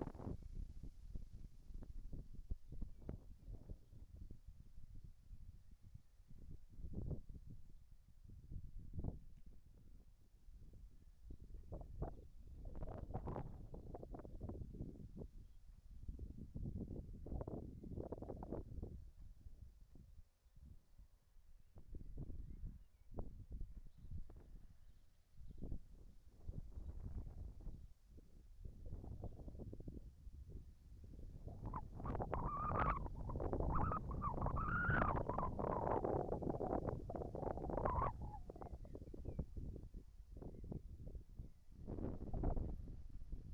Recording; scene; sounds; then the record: everyday scene through a hearing-aid microphone; wind on the microphone; wind, whistling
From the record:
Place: in front of a rural house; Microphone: behind the ear, right, rear